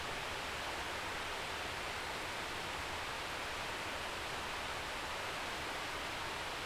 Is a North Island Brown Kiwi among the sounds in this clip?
no